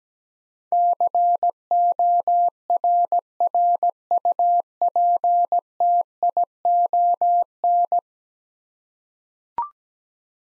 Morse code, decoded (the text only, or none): CORRUPTION